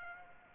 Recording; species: mosquito wingbeat signal from an infrared sensor; Aedes aegypti